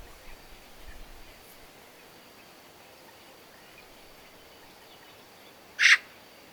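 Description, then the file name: Eurasian magpie giving one short, harsh, rasping chack near the end, after several seconds of quiet background hiss. "Pica pica"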